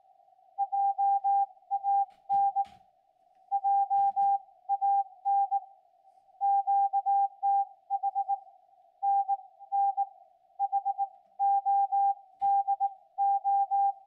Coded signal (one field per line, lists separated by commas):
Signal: Morse code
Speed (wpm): 19 wpm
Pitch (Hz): 800 Hz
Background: none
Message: JAN JAN QTH N N HODO